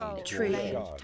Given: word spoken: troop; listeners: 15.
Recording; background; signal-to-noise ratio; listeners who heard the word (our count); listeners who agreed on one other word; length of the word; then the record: one English word in noise, from a listening test; four-talker babble; 0.8 dB; 2 of 15; 6 of 15; 0.64 s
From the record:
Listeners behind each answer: 6, 4, 2, 1, 1, 1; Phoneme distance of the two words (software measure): 17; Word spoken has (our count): 1 syllable, 4 phonemes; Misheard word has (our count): 1 syllable, 3 phonemes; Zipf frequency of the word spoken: 3.50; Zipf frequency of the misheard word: 4.95